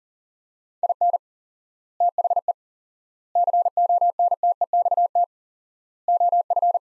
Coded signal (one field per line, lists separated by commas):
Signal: Morse code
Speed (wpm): 40 wpm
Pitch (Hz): 700 Hz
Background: none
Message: IN THE CONTEXT OF